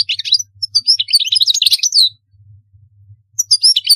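European goldfinch singing bright liquid twitters and chirps for two seconds, pausing, then starting again; a low hum runs underneath.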